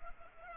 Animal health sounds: mosquito wingbeat signal from an infrared sensor; Culex pipiens

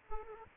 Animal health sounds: mosquito wingbeat signal from an infrared sensor; Aedes aegypti

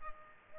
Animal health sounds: mosquito wingbeat signal from an infrared sensor; Culex pipiens

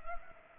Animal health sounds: mosquito wingbeat signal from an infrared sensor; Culex pipiens

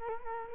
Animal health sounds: mosquito wingbeat signal from an infrared sensor; Culex quinquefasciatus

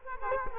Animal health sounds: mosquito wingbeat signal from an infrared sensor; Culex quinquefasciatus

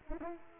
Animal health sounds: mosquito wingbeat signal from an infrared sensor; Culex pipiens

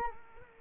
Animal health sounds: mosquito wingbeat signal from an infrared sensor; Culex quinquefasciatus

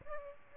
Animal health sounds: mosquito wingbeat signal from an infrared sensor; Aedes albopictus

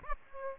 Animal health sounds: mosquito wingbeat signal from an infrared sensor; Aedes aegypti

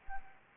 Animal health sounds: mosquito wingbeat signal from an infrared sensor; Anopheles gambiae

